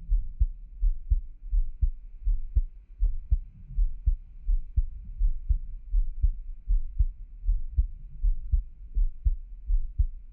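An adult's heartbeat heard close up: steady, low-pitched beats at about 80 beats per minute.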